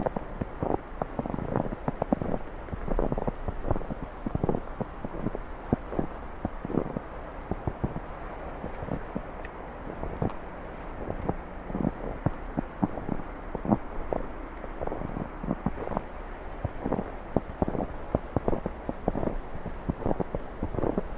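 Footsteps crunch through snow in a steady walking rhythm, each step a short, dense burst, roughly two per second throughout. Beneath them runs a constant low rush of wind and flowing water, filling the gaps without change.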